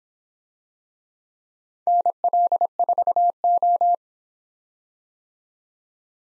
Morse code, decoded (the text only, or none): NL4O